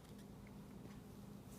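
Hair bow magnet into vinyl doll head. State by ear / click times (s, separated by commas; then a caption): not seated / none. A magnet for a hair bow, resting on a spoon, is pushed up and held inside a vinyl doll head while waiting for it to catch the outer magnet. Only a faint, steady low hum is heard, with a slight soft tick at about 0.5 s. Nothing has clicked or caught yet.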